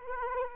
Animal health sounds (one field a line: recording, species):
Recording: mosquito wingbeat signal from an infrared sensor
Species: Aedes aegypti